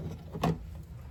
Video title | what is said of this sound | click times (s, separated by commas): Easy Windshield Washer Pump Replacement 2013 2019 Ford Escape | You hear that click? | 0.4 s